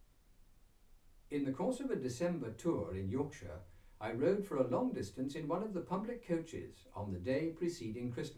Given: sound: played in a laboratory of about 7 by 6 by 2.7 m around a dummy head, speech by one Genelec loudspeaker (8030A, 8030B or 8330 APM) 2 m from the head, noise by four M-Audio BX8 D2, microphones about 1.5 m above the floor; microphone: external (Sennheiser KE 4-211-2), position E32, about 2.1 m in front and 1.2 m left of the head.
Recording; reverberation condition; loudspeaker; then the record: male speech in English; low; 150 degrees to the left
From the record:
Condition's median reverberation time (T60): about 310 ms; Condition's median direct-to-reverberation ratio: about 3.5 dB